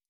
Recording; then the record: hydrophone in a shrimp aquaculture tank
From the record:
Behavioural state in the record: stressed